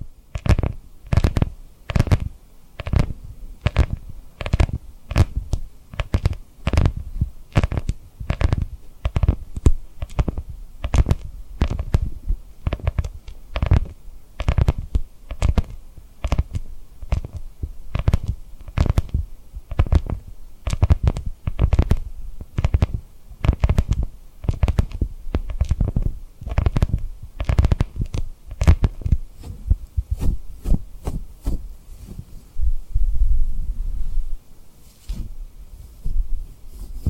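Rhinestone triggers are tapped in a fast, regular stream of soft, thumping taps, easing into quieter rubbing sounds near the end.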